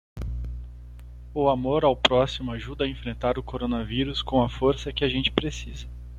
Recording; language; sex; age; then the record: spoken sentence; Brazilian Portuguese; male; 30 to 39 years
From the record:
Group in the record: control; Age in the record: 37 years